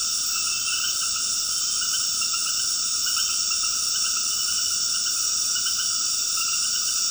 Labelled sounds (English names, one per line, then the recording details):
none
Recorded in dense forest near Puerto Asís, Putumayo, Colombia, on 21 February 2024 at 19:30
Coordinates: 0.481, -76.318
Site G6421